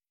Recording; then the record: hydrophone in a shrimp aquaculture tank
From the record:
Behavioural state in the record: stressed